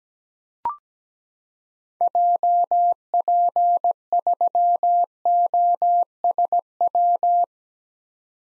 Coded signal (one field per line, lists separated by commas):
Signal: Morse code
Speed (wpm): 17 wpm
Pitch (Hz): 700 Hz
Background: none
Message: JP3OSW